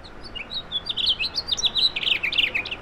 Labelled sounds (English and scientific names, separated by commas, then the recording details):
House Finch (Haemorhous mexicanus) song
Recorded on Long Island, New York, on 17 May 2012
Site AB
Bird C